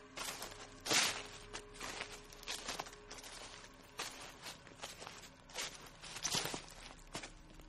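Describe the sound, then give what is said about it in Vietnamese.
Footsteps crunch and rustle through dry leaves, a steady series of crisp, crackling steps with one louder crunch early on, alone without any voices. “Tôi lắng tai nghe kỹ, quả thật là tiếng bước chân sột soạt dẫm lên lá khô thật, chứ không phải là ảo giác.”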